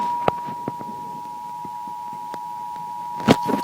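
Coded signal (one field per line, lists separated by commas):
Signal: Emergency Alert System (SAME) tones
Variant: 853 and 960 Hz attention tone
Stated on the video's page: Required monthly test EAS audio containing valid tones capable of activating EAS equipment.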